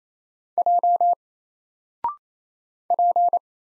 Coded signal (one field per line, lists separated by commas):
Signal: Morse code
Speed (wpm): 28 wpm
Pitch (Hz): 700 Hz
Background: none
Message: J P